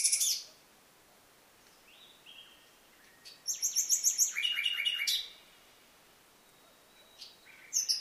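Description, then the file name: Common nightingale song: brief notes at the start, a pause, then a phrase of quick repeated notes and rich chirps, with short bursts near the end. "Luscinia megarhynchos"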